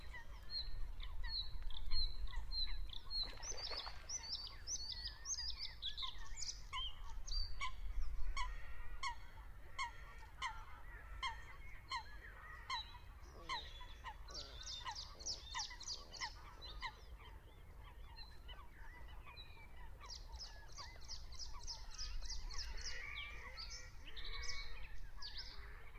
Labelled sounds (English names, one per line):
Bluethroat song